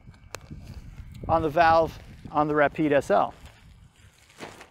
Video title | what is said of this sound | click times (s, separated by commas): Big Agnes Pumphouse Ultra - Don't buy before you see this | and it snaps right into place | 0.3 s